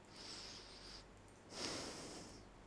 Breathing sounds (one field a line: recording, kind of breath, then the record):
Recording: one breath in and out by a microphone near the nose and mouth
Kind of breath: deep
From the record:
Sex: male